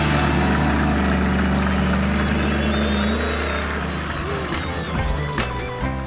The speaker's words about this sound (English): Oh, monster trucks in the dirt. Oh, can you hear their engines are roaring so loud? Better cover your ears.